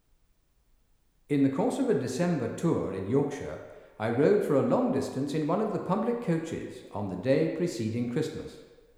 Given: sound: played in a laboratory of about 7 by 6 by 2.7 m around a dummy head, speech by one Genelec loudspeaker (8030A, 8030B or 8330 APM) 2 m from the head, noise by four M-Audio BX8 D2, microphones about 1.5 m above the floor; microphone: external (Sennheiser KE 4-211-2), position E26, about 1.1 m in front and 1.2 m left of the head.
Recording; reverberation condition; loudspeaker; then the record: male speech in English; high; 30 degrees to the left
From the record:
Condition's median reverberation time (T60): about 1300 ms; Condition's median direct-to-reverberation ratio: about -4.0 dB